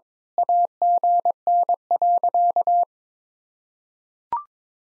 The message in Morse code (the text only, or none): AGN.